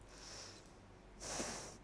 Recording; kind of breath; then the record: one breath in and out by a microphone near the nose and mouth; deep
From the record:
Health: marked as sick, illness not named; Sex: female